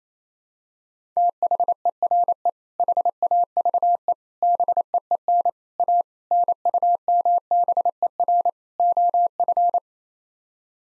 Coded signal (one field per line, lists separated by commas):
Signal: Morse code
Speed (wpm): 28 wpm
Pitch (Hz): 700 Hz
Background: none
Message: THERE HAVE BEEN A NUMBER OF